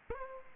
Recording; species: mosquito wingbeat signal from an infrared sensor; Aedes aegypti